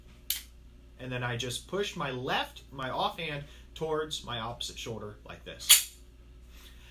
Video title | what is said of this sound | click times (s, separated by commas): FA Safety Course | And I'll push with both hands. Listen for the click. | 0.3 s